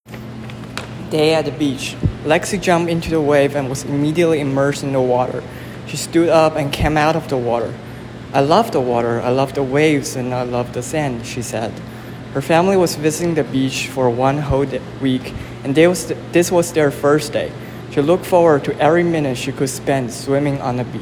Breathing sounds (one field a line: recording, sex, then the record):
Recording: reading aloud after running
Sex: male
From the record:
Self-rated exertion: vigorous exertion (4 of 6)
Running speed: 10 miles an hour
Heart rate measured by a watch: 111 beats a minute at the start, 118 at the end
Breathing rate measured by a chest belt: 24 breaths a minute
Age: 24 years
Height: 175 cm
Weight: 56 kg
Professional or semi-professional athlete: no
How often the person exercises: over 5 times a week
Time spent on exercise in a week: over 5 hours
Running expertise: yes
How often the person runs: over 5 times a week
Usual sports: running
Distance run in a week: 60 km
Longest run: 43 km